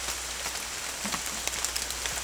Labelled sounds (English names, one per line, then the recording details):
none
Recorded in secondary vegetation near Puerto Asís, Putumayo, Colombia, on 21 December 2024 at 15:00
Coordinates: 0.488, -76.319
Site GP04